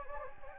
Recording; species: mosquito wingbeat signal from an infrared sensor; Anopheles gambiae